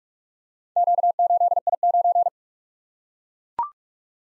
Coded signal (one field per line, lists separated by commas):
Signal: Morse code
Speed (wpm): 42 wpm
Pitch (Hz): 700 Hz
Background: none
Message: Q8I9